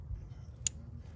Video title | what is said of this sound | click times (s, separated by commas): Toyota Lexus 2UZ-FE Starter Replacement (With the Secondary Air Injection System 2005-2011) (Part 2) | I heard two snaps. I didn't hear a third one. Oh, there's a third one. | 0.7 s